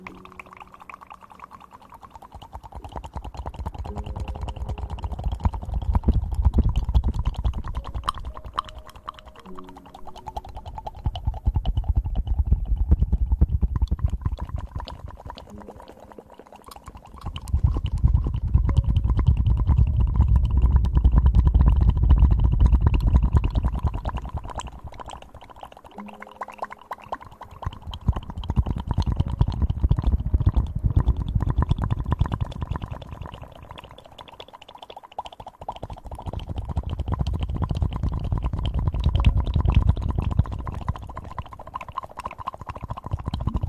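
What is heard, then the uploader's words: Rapid mouth sounds: a dense, fast stream of tiny clicks and pops runs throughout. Under it, a low rumbling swell rises and fades in long waves, about four times, each lasting several seconds, with brief quieter dips between them. Fastest Mouth Sounds.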